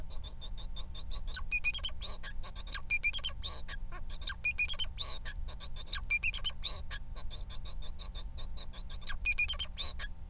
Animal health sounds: song of a male Bengalese finch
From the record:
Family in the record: son of father 4

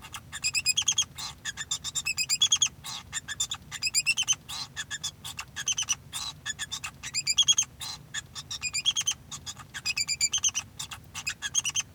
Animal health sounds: song of a male Bengalese finch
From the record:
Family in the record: son of father 2

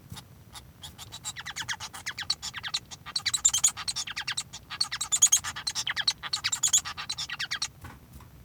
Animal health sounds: song of a male Bengalese finch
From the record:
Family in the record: son of father 1

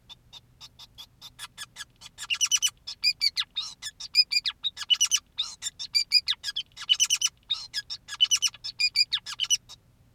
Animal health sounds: song of a male Bengalese finch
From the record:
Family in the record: son of father 2, and himself father 5

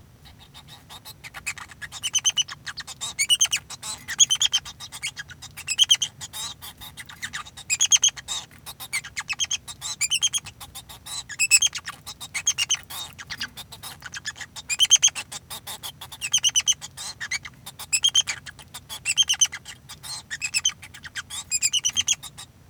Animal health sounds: song of a male Bengalese finch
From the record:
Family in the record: son of father 2

